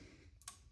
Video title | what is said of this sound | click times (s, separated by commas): Intake Manifold Runner Control Module Replacement (P2004 + P2009 DTC Codes FIXED) - 2011 Mazda CX-7 | and push it down until it snaps into place. | 0.4 s, 0.5 s